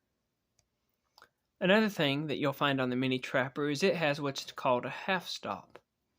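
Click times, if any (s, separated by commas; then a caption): none. The steel blade of a small mini Trapper folding knife is handled near its half-stop detent, where it clicks into place at the 90-degree position. Two faint, brief ticks occur around 0.6 s and 1.2 s, and then someone talks from about 1.6 s to 5.8 s. The blade has not yet clicked into its half stop; nothing has seated.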